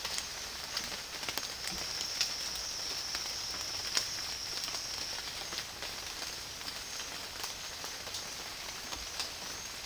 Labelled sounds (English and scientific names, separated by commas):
none